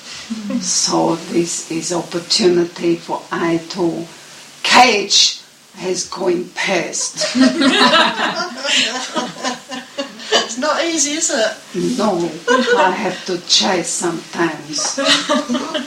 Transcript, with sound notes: So this is opportunity for I to cage as going passed.
(Laughter.)
Not easy is it?
No. I have to chase sometimes.